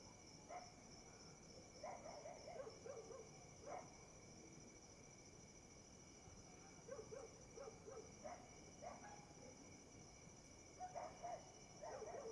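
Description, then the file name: Dogs barking: short clusters of barks repeated irregularly throughout, some in quick runs of three or four, over a steady high trilling chorus of crickets. Several dogs barking at night alongside crickets, one dog barking closer than the others. "Cachorros latindo a noite com grilo, um cachorro late mais perto"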